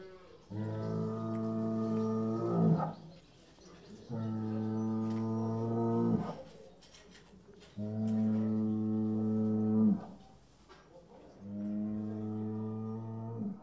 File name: bovini cow bull